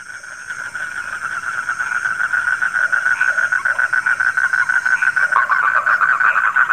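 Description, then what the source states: Frogs croaking in a dense chorus, rapid pulsed calls around a steady mid pitch, overlapping and growing louder, with a thin high hum above. Frogs calling at night.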